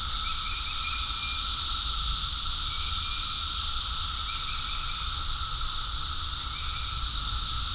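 Cicadas fill the air with an unbroken shrill hissing drone, with a few faint short chirps over it.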